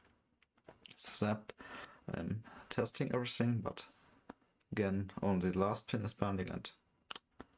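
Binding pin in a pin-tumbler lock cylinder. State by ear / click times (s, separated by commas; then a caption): seated / 7.1 s. Someone talks while picking a Yale Platinum 3 pin-tumbler lock cylinder under medium to heavy tension, working the last binding pin. The pin sets at the shear line with a sharp click at 7.1 s, followed by a few faint ticks.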